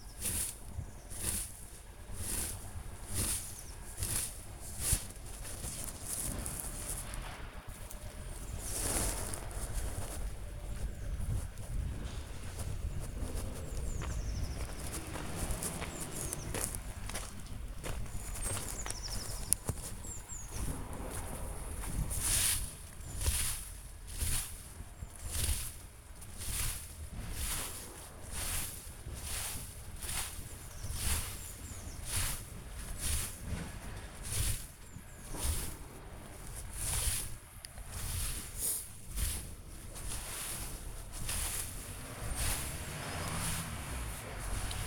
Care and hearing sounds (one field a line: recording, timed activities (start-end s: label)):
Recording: household activities, microphone on the right wrist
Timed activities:
0.00-44.87 s: gardening with a rake